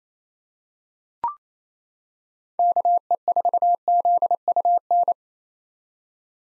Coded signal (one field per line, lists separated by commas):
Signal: Morse code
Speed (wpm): 28 wpm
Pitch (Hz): 700 Hz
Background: none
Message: KE4ZUN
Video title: 2023 POTA Hunter Call Signs - 28wpm